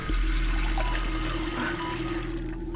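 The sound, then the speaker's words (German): Water pours steadily into a glass in a sick bay for about three seconds, a continuous gurgling splash over a low, constant hum, with no talking. “kannst du bitte mal ein Glas Wasser holen?”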